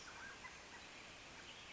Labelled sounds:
Mountain Quail
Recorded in Sonoma County, California

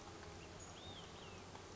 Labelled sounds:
Olive-sided Flycatcher
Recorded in Sonoma County, California

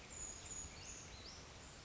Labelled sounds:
Brown Creeper
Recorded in Sonoma County, California

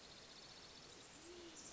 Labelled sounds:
Band-tailed Pigeon
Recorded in Sonoma County, California

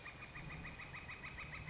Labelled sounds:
Northern Flicker
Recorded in Sonoma County, California

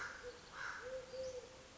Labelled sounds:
Eurasian Collared Dove
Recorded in Sonoma County, California

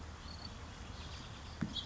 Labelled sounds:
House Finch
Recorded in Sonoma County, California

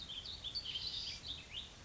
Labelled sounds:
Warbling Vireo
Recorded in Sonoma County, California

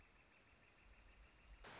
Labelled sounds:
Northern Flicker
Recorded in Sonoma County, California

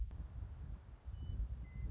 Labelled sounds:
Western Meadowlark
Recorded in Sonoma County, California

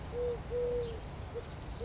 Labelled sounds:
Eurasian Collared Dove
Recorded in Sonoma County, California

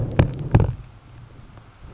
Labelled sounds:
Grasshopper Sparrow
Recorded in Sonoma County, California

